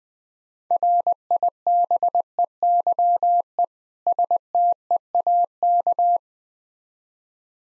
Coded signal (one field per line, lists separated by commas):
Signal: Morse code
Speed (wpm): 20 wpm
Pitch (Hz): 700 Hz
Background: none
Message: RIBEYE STEAK